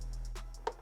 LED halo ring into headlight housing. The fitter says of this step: There you go, and it's snapped in, and that is not moving.